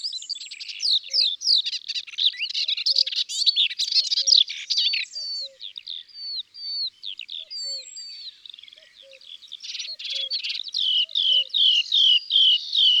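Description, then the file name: Melodious warbler song, a rapid chattering warble that breaks into spaced, down-slurred whistled notes, then speeds up again; faint low paired notes repeat in the background. Recorded in the countryside. "Hypolais polyglotte Chants doiseaux dans la campagne"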